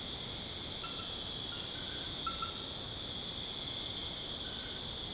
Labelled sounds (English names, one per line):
none